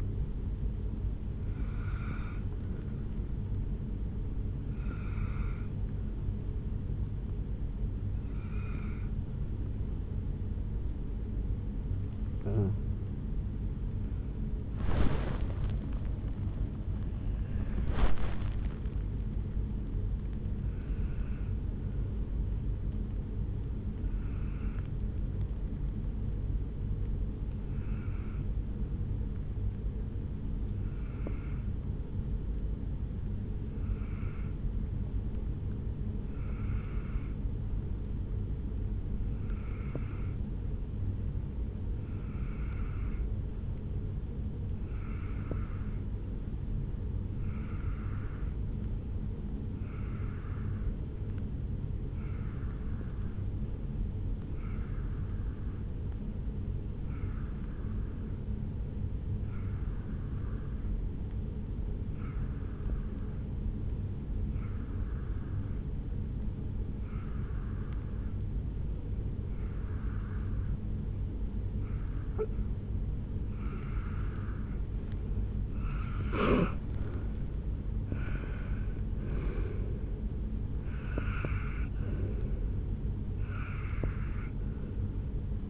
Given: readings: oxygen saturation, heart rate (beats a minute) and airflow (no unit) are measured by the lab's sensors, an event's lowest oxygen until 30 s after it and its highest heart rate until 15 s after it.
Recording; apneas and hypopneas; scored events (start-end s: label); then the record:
breathing in sleep by a smartphone at the bedside; 1
18.00-74.30 s: hypopnea (N1, oxygen 98% highest, then 88% lowest, heart rate 58 at the start, 72 highest)
39.00-69.00 s: new sleep stage, N2 (light sleep)
69.00-85.70 s: new sleep stage, N1 (lightest sleep)
From the record:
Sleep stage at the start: N1 (lightest sleep); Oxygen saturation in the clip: 88 to 98%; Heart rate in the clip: 54 to 72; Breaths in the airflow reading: 29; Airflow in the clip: -7.4 to 5.7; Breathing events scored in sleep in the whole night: 449 in 7.0 hours asleep